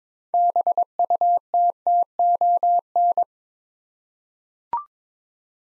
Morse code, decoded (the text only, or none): BUTTON